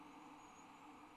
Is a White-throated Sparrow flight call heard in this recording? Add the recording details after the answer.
no. No flight call is heard. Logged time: 22:22 on 29 November 2014